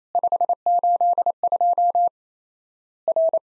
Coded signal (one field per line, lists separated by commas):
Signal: Morse code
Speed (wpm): 28 wpm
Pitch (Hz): 700 Hz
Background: none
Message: 582 R